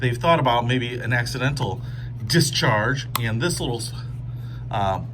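A man talks while handling the small plastic retainer hook on a one-click 1L water bottle flip-cap lid, which locks the flip cap shut against accidental opening. Only speech is heard over a steady low hum. Nothing has seated or clicked yet.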